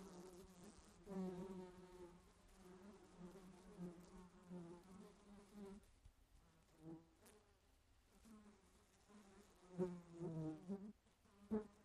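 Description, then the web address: Fly droning almost continuously for several seconds, dropping out briefly, then buzzing again with small taps and a final knock. "flies"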